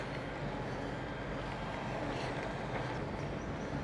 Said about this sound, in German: Trecker, Mistanhänger und der verteilt die Scheiße schön auf der Wiese.